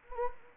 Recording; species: mosquito wingbeat signal from an infrared sensor; Anopheles gambiae